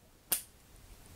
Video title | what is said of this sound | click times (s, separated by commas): Anderson PowerPole Connectors - EASY GUIDE TO WIRING - 15, 30, 45 Amp Connections | sometimes a bit stiff and they click in you'll hear a click and | 0.3 s